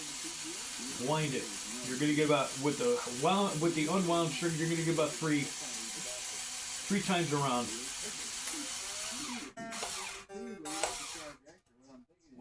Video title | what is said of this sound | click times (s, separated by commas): 1974 Strat saddle upgrade,one take, no edits | Ah, the string wasn't seated in the bridge. | none